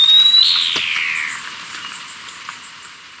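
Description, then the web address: Swallow-tailed Nightjar giving a single thin, high whistle that holds steady, then slurs downward and fades, followed by quiet background. Recorded in Ecuador. "Natures Songs S America Birds of Ecuador. Swallow-Tailed Nightjar"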